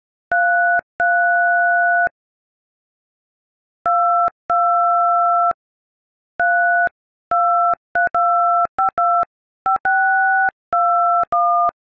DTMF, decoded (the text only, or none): 33 22 3232525621